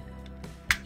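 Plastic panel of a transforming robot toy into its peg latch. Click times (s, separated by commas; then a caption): 0.7 s. A plastic panel on a Transformers Legacy Voyager Class Bulkhead robot figure is pressed into its peg latch during transformation. A single sharp, loud snap is heard at 0.7 s as the panel clicks shut and is fastened.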